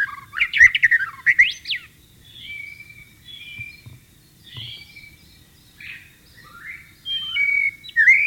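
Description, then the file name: White-rumped shama song: a loud burst of rapid sweeping notes, then softer scattered whistles and a sustained clear whistle near the end. Wild bird, in the wild. "suara burung murai batu di alam liar"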